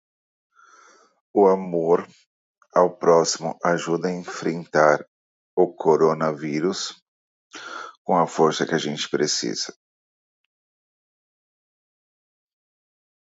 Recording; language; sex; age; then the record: spoken sentence; Brazilian Portuguese; male; 30 to 39 years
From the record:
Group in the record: control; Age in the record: 39 years